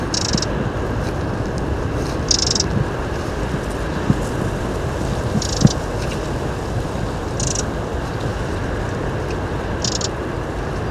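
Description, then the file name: Eurasian wren calls: five short harsh rasping bursts at intervals of a few seconds, over a loud steady low rumble. "Troglodytes troglodytes"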